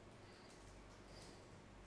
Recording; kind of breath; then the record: one breath in and out by a microphone near the nose and mouth; normal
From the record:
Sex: male